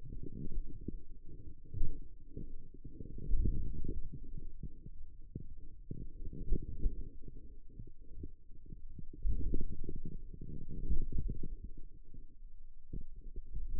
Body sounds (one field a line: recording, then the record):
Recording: forearm muscle sounds (acoustic myography)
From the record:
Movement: wrist extension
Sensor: system 2, bracelet of six BSWA MPA416 microphones around the upper forearm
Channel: 6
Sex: male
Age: 22 years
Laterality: right